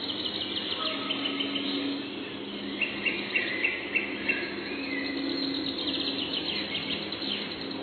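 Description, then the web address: Red-breasted flycatcher song: a short series of repeated, evenly spaced bright notes midway through, over a steady hiss of background noise. Recorded on 3 June 2007. "Animalia Birds 16 Tattingf Fparva"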